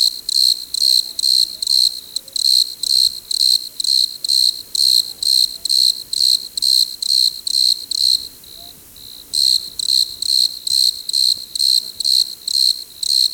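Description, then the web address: Desert crickets chirp in a steady high chorus about twice a second, pausing briefly once before resuming. "Dr Sound Effects. Chorus of Desert Crickets"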